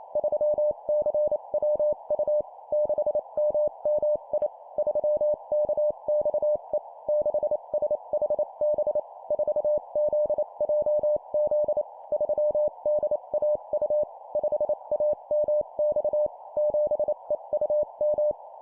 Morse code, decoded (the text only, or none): 3CWU 6MMI 3KXE 6SHB 4ZJZ 3DAU 5AMX 7EUM